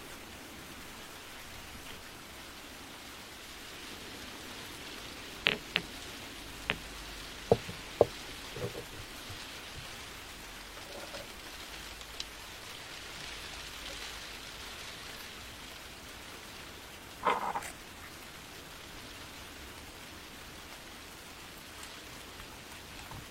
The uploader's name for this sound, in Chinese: 雨天在温暖的阁楼上写字